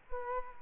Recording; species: mosquito wingbeat signal from an infrared sensor; Culex quinquefasciatus